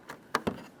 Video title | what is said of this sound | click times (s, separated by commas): How to Replace Outer Tail Light Assemblies 2011-2020 Toyota Sienna | press it in listen for our click | 0.3 s